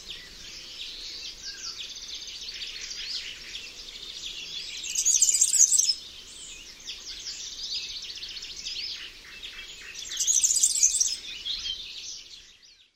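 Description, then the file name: European serin giving a long, thin, glassy jingling song, fairly soft throughout, with two louder, sharper bursts rising above it. "Kulczyk"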